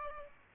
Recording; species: mosquito wingbeat signal from an infrared sensor; Aedes albopictus